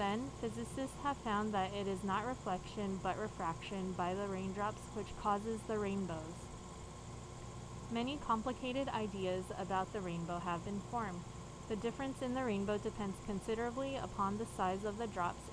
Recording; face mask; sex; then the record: reading aloud; surgical mask; female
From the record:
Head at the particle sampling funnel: turned sideways, cheek in front of it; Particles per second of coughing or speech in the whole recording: 0.0847